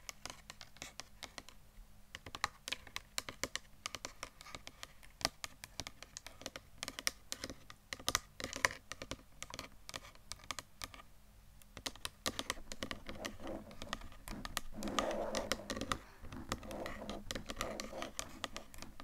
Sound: Tapping